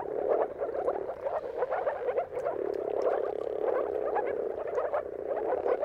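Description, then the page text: Moor frogs calling together, a thick wash of short hollow bubbling notes overlapping without a break, steady in loudness. Chorus of many moor frogs giving mating calls at sunrise at the turn of March and April, timing depending on weather. "earth-fm Jakub-Orzecki. Depending on the weather at the turn of March and April, you can witness an amazing spectacle of moor frogs"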